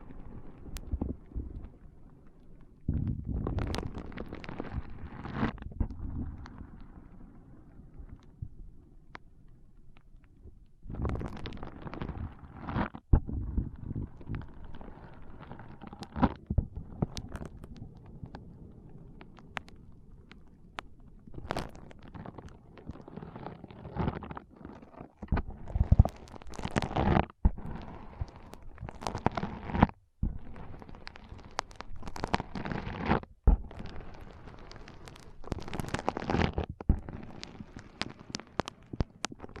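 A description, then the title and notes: Foam being squeezed and rubbed in an ASMR brain massage, giving dense, crackling rustles that come in irregular bursts. Quieter stretches near the start and around ten seconds give way to busier, louder scrunching later, with sharp crisp peaks near 26 and 30 seconds. ASMR Powerful Foam Brain Massage.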